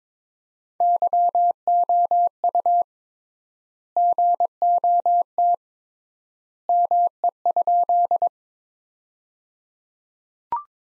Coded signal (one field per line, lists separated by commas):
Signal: Morse code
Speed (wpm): 22 wpm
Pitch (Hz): 700 Hz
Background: none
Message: YOU GOT ME?